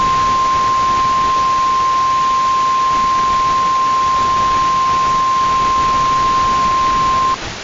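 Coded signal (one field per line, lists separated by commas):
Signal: Emergency Alert System (SAME) tones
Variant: 1050 Hz attention tone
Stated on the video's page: Recreated EAS flash flood emergency, not a live alert.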